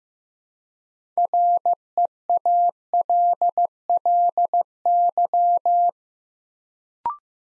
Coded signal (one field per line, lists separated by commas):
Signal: Morse code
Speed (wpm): 15 wpm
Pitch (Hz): 700 Hz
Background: none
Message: REALLY